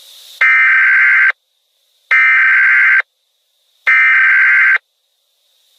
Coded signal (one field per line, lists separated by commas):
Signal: Emergency Alert System (SAME) tones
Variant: header bursts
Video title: eas alert